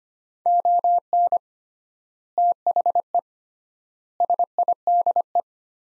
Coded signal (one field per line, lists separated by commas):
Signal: Morse code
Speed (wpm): 25 wpm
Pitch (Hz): 700 Hz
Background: none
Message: ON THE SIDE